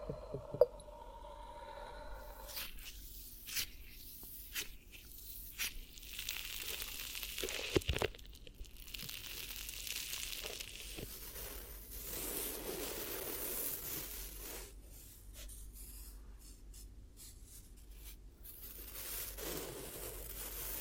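Soft ASMR triggers: quiet squishing and rubbing textures that swell and fade, with gentle scratchy strokes in between. Sharp little clicks and taps land near the start, around eight seconds, and in a cluster late on. The level stays low and steady throughout.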